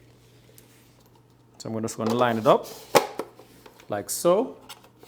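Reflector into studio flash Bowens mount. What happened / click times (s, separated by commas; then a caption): The reflector is being lined up on its mount but has not yet locked / none. A metal reflector is lined up with the grooves of the Bowens mount on a Neewer Q4 studio flash while someone talks, with a few faint handling taps and clicks. The reflector has not yet been twisted home, so nothing has seated or clicked yet.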